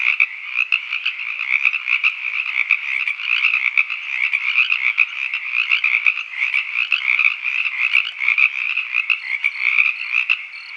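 Frogs in full chorus, a continuous throbbing mass of croaks with occasional brief higher tones near the end.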